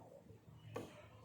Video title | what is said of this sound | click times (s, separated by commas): Tutorial penggunaan mikroskop. | kedengaran ya oke terpasang Leste yang terkecil nah langkah berikutnya | 0.8 s